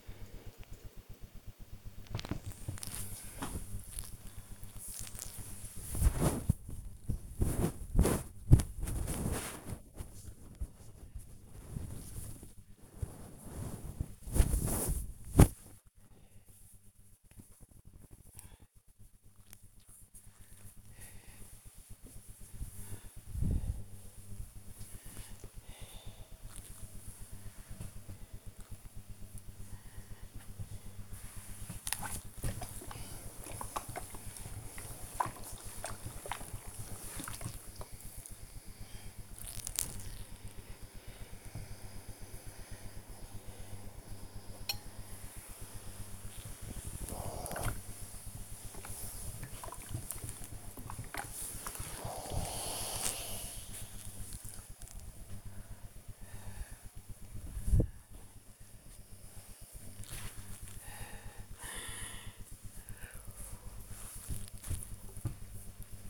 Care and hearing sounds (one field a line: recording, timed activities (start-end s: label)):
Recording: household activities, microphone on the right wrist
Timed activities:
0.00-66.10 s: ironing laundry